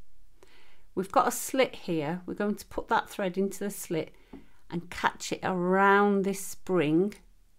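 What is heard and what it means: A bobbin is being handled at the metal bobbin case of a Silvercrest sewing machine, with the thread being guided into the slit and caught around the tension spring while someone talks. A brief faint sound occurs at about 0.4 s. Nothing has seated or clicked yet.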